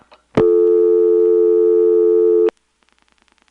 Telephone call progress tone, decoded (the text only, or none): dial tone